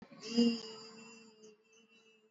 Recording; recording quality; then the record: sustained vowel as in beet; excellent, no background noise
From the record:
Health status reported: exposed to COVID-19, no respiratory illness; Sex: female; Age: 54 years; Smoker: no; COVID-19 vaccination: both doses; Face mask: not worn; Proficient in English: yes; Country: India